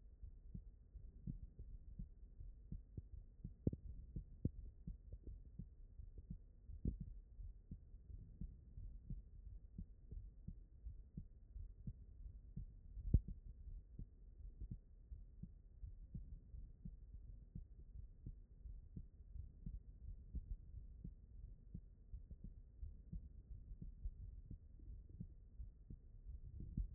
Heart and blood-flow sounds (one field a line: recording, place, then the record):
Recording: heart sounds by stethoscope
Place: aortic valve (AV)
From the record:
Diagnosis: non-HFrEF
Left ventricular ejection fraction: 69%